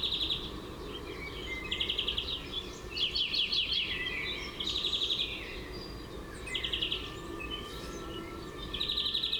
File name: Chloris chloris